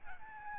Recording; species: mosquito wingbeat signal from an infrared sensor; Aedes albopictus